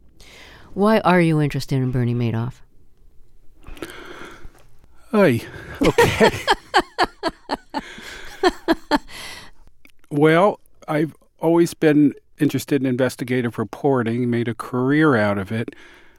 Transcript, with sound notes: Why are you interested in Bernie Madoff?
Hi. OK.
(Laughter).
Well, I've always been interested in investigative reporting and made a career out of it.